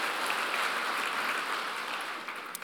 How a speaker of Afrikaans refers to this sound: Gemeente, kom ons gee vir hulle hande klap om hulle te verwelkom.